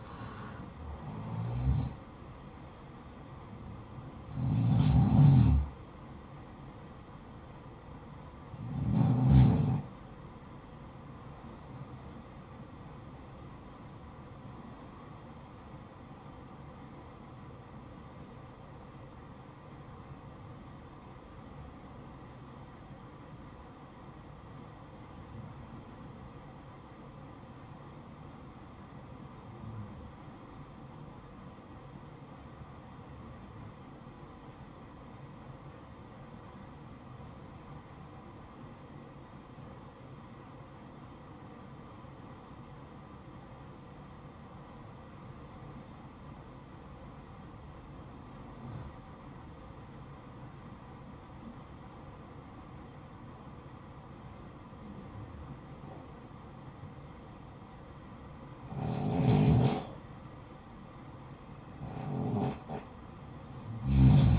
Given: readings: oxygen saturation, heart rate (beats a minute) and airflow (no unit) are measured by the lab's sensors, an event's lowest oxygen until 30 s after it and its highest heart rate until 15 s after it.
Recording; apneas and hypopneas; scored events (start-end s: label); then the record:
breathing in sleep by a smartphone at the bedside; 1
19.00-59.80 s: obstructive apnea (REM, oxygen 95% highest, then 83% lowest, heart rate 59 at the start, 78 highest)
From the record:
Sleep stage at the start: REM sleep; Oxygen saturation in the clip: 83 to 95%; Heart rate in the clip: 55 to 74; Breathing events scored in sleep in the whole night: 573 in 9.8 hours asleep